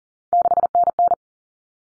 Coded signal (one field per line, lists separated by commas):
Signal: Morse code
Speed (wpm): 40 wpm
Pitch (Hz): 700 Hz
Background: none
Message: 6NN